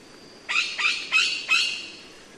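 Dusky parrot harsh calls: four rough, screechy notes in quick succession, each with a sharp onset and fading tail, over a quiet background.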